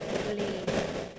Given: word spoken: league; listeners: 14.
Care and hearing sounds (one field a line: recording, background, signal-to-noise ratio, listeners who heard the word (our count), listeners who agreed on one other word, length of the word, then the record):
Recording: one English word in noise, from a listening test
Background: noise modulated by three-talker babble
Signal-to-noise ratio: -5.0 dB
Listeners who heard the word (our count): 0 of 14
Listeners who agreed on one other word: 10 of 14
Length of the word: 0.79 s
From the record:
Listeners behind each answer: 10, 1, 1, 1, 1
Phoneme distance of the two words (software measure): 24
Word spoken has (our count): 1 syllable, 3 phonemes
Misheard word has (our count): 2 syllables, 5 phonemes, stress on syllable 2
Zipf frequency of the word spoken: 4.97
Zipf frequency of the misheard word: 5.56